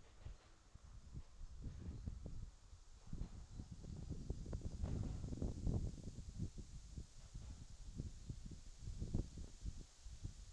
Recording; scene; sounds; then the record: everyday scene through a hearing-aid microphone; wind on the microphone; wind, traffic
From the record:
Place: in front of a rural house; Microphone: in the ear canal, left